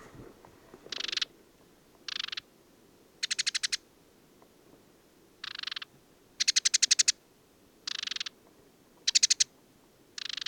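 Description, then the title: Desert sparrow giving dry, buzzy trills in short bursts, some with rapid rattling pulses, separated by brief pauses. Male perched atop an acacia at Mayateg oasis, Mauritania, 22 February 2019; song of twitters, trills and inventions recalling common linnet; windless; parabolic dish, Telinga Pro 7, MixPre-3. "Le Moineau blanc du désert - Mauritanie"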